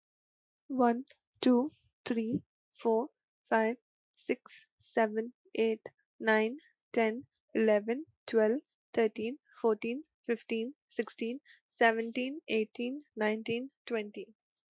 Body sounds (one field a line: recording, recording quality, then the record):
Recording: counting at a normal pace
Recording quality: excellent, no background noise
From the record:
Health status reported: healthy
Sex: female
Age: 25 years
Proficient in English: yes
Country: India